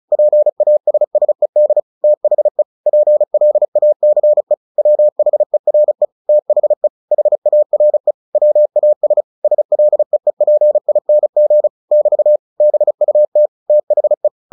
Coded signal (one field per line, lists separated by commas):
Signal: Morse code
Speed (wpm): 36 wpm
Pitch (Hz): 600 Hz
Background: none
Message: PASSED THE PLACE WHERE THE HARE WAS SLEEPING <BT> BUT THE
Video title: CW short story/Headcopy practice 35WPM. Tortoise and the Hare